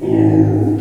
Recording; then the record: squeal of a Yucatan mini pig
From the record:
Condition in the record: before surgery on the right vocal fold (resection and tissue-engineered implant); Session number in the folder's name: 2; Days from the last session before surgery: -15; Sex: female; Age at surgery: 19 weeks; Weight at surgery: 25 kg